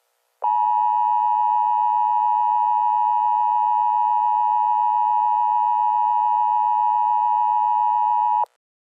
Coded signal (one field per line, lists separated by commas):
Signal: Emergency Alert System (SAME) tones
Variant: 853 and 960 Hz attention tone